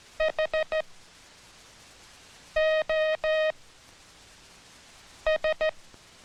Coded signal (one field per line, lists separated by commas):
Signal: Morse code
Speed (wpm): 14 wpm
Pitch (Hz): 630 Hz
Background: music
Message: H O S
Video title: morse code learning usarmy